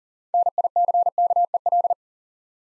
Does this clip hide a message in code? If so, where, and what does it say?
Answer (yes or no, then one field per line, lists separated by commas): yes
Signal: Morse code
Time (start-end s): 0.3-1.9 s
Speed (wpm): 42 wpm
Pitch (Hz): 700 Hz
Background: none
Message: NICKEL